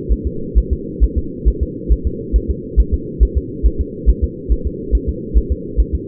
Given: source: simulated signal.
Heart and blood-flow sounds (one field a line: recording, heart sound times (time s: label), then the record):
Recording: fetal heart sounds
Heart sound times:
0.12 s: S1
0.27 s: S2
0.58 s: S1
0.73 s: S2
1.04 s: S1
1.18 s: S2
1.48 s: S1
1.63 s: S2
1.92 s: S1
2.07 s: S2
2.36 s: S1
2.51 s: S2
2.80 s: S1
2.94 s: S2
3.23 s: S1
3.38 s: S2
3.66 s: S1
3.81 s: S2
4.10 s: S1
4.24 s: S2
4.52 s: S1
4.67 s: S2
4.95 s: S1
5.09 s: S2
5.37 s: S1
5.52 s: S2
5.80 s: S1
5.95 s: S2
From the record:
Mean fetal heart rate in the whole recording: 135 bpm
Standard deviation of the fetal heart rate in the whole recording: 3 bpm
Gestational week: 34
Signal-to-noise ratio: -4.3 dB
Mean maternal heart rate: 72 bpm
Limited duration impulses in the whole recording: absent